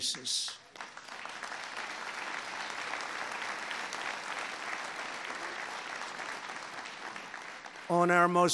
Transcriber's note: applause